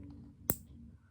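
A network cable connector is pressed into its locking housing and the locking part is shut over it. A single sharp click is heard at 0.5 s as the connector seats in the lock, over a low steady background hum.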